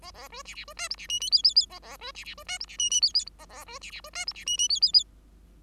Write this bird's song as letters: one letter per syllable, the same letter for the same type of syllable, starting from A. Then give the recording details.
A A B C C B D E C F G G G A A B C C B D E C F F G G A A B C C B D E C F F G G G. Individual Bird5